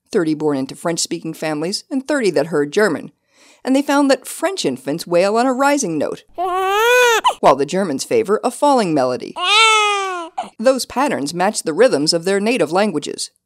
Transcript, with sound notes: 30 born into French-speaking families and 30 that heard German. And they found that French infants wail on a rising note [baby cry sound] while the Germans favor a falling melody [baby cry sound] Those patterns match the rhythms of their native languages.